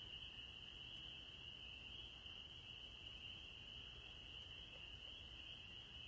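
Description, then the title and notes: Spring peeper chorus, many shrill peeps merging into one continuous high trill, steady in loudness, over faint low-frequency hum. Evening chorus of spring peepers recorded 9 April 2021, in spring as the frogs have returned. "April 9, 2021. the spring peepers have returned! I’ve recorded their evening symphony"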